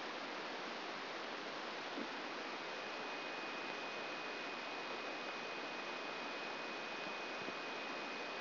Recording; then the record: brain microelectrode recording played as sound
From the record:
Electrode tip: outside the subthalamic nucleus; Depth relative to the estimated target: 3 mm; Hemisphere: right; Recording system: AlphaMap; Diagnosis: Parkinson's disease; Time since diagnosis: 7 years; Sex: female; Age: 56 years